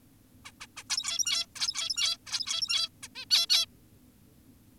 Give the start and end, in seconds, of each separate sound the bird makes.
0.45-0.52, 0.61-0.67, 0.77-0.84, 0.90-1.46, 1.56-2.17, 2.26-2.89, 3.03-3.08, 3.16-3.25, 3.31-3.46, 3.50-3.66